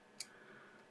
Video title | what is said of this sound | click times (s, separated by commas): Nokia Lumia 520 Digitiser Replacement Digitizer Repair Tutorial | it always gives a satisfying little click when it's when it's in place properly | 0.2 s